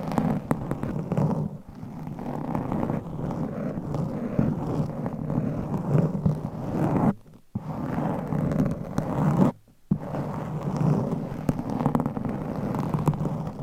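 Dense, continuous scratching and rubbing with frequent faint taps, low and muffled, broken by brief silences near seven and ten seconds.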